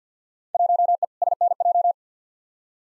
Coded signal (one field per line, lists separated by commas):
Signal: Morse code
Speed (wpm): 50 wpm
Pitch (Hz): 700 Hz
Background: none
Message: 1E SNJ